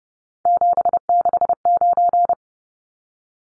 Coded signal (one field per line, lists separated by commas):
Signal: Morse code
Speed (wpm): 30 wpm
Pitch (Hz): 700 Hz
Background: none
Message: 769